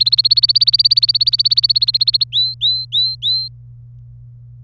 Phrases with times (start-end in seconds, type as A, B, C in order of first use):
0.00-2.24 A, 2.32-3.48 B